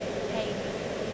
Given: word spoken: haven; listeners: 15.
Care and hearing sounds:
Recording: one English word in noise, from a listening test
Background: speech-shaped noise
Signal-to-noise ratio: -5.7 dB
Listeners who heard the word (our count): 0 of 15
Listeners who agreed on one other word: 9 of 15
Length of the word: 0.73 s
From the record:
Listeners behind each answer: 9, 2, 1, 1, 1, 1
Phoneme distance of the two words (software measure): 17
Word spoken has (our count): 2 syllables, 4 phonemes, stress on syllable 1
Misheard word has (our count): 1 syllable, 3 phonemes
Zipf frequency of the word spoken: 3.88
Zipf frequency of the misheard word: 4.85

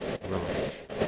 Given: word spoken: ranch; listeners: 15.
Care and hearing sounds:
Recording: one English word in noise, from a listening test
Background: noise modulated by three-talker babble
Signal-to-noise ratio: -5.0 dB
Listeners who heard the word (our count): 3 of 15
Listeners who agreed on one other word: 7 of 15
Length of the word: 0.68 s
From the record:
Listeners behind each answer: 7, 3, 2, 2, 1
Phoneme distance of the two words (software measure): 7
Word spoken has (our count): 1 syllable, 4 phonemes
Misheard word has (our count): 1 syllable, 5 phonemes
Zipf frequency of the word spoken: 3.32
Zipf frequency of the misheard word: 4.10

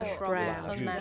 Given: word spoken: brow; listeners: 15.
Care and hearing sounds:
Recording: one English word in noise, from a listening test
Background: four-talker babble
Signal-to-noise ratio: 0.4 dB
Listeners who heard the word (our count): 0 of 15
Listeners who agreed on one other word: 13 of 15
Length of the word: 0.61 s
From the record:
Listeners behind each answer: 13, 1, 1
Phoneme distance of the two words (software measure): 7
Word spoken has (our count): 1 syllable, 3 phonemes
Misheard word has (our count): 1 syllable, 4 phonemes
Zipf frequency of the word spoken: 3.28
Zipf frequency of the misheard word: 5.01

